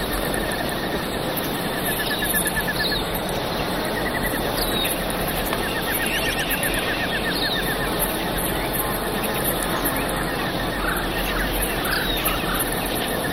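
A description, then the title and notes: Birds chirp in a dense jungle backdrop, with short repeated calls scattered through the clip and a cluster of brighter chirps near the end. A steady, thick rustling hiss fills the whole scene at an even level, with no pauses. Sounds of Exotic Wildlife. The chirping of birds, the rustling of leaves.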